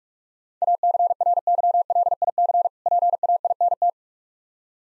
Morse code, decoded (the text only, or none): ACRYLIC PAINT